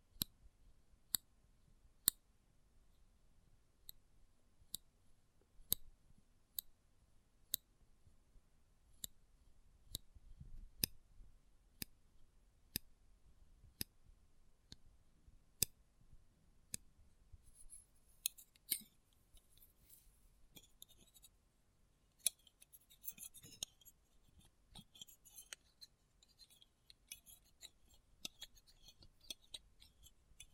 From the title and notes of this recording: ASMR Close Up Metallic Sounds (No Talking).